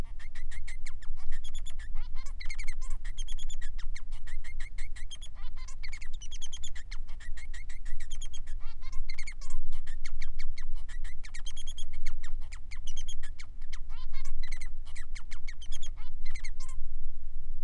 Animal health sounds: song of a male Bengalese finch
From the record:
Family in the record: son of father 3

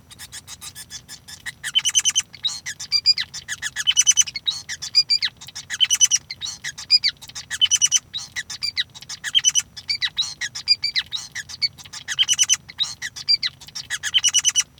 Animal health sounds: song of a male Bengalese finch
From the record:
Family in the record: son of father 5

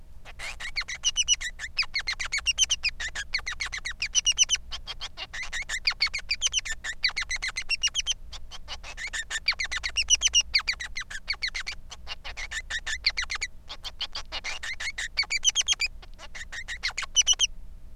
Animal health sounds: song of a male Bengalese finch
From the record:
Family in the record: son of father 3

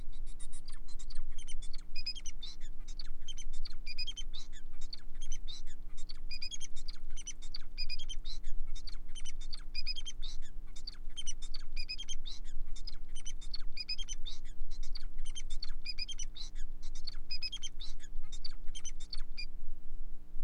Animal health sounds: song of a male Bengalese finch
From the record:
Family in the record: son of father 4

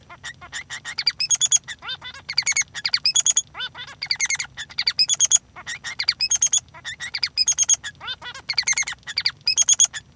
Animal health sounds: song of a male Bengalese finch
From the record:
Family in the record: son of father 3

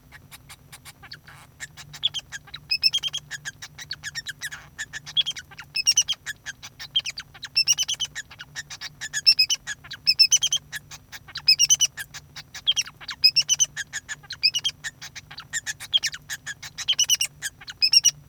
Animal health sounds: song of a male Bengalese finch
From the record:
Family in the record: son of father 2

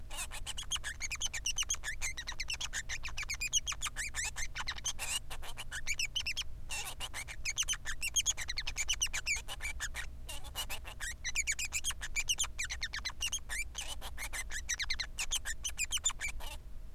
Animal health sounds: song of a male Bengalese finch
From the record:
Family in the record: son of father 3

